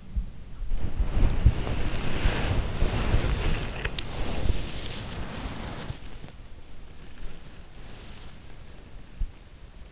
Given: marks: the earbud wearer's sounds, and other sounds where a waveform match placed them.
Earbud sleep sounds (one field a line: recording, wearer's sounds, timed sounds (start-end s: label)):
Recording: sounds in sleep by an in-ear microphone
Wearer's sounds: body movement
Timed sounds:
0.00-8.83 s: body movement